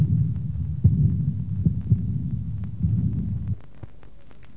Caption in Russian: Реже диастолический шум аортальной недостаточности имеет более грубый характер и большую протяженность.